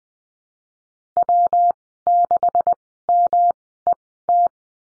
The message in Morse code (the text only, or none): W 6 M E T